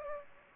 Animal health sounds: mosquito wingbeat signal from an infrared sensor; Aedes aegypti

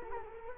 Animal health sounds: mosquito wingbeat signal from an infrared sensor; Culex quinquefasciatus

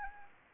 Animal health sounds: mosquito wingbeat signal from an infrared sensor; Anopheles arabiensis

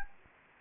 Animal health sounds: mosquito wingbeat signal from an infrared sensor; Anopheles gambiae

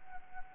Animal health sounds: mosquito wingbeat signal from an infrared sensor; Anopheles arabiensis

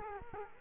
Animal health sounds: mosquito wingbeat signal from an infrared sensor; Culex quinquefasciatus

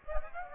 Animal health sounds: mosquito wingbeat signal from an infrared sensor; Aedes aegypti

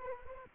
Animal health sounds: mosquito wingbeat signal from an infrared sensor; Anopheles arabiensis

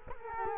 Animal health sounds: mosquito wingbeat signal from an infrared sensor; Culex quinquefasciatus

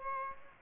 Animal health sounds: mosquito wingbeat signal from an infrared sensor; Aedes aegypti

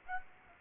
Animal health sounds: mosquito wingbeat signal from an infrared sensor; Aedes aegypti

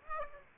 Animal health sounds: mosquito wingbeat signal from an infrared sensor; Aedes aegypti

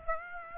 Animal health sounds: mosquito wingbeat signal from an infrared sensor; Aedes aegypti

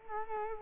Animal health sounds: mosquito wingbeat signal from an infrared sensor; Culex quinquefasciatus

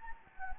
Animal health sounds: mosquito wingbeat signal from an infrared sensor; Anopheles gambiae

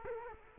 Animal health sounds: mosquito wingbeat signal from an infrared sensor; Culex quinquefasciatus

